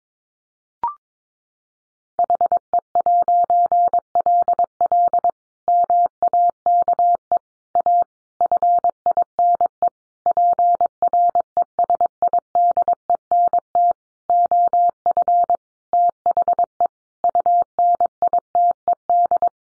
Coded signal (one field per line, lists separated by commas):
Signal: Morse code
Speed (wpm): 22 wpm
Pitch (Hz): 700 Hz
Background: none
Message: HE'LL MAKE A FINE PRESIDENT OF THE UNITED